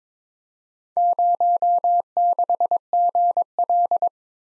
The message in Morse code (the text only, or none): 06GL